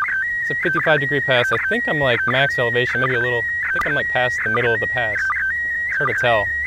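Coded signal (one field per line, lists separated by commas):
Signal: SSTV (slow-scan television)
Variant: PD 180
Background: speech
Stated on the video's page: SSTV images received from the ISS during the April 2016 event, with one failed pass and one successful pass.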